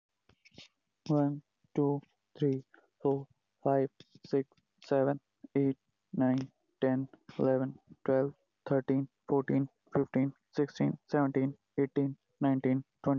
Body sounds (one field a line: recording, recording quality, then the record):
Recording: counting at a normal pace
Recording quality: excellent, no background noise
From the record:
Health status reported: healthy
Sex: male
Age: 24 years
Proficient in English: yes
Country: India